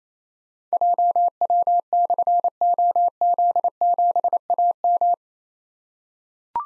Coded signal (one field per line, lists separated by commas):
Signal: Morse code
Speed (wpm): 27 wpm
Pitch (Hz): 700 Hz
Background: none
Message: JW/OZ7AM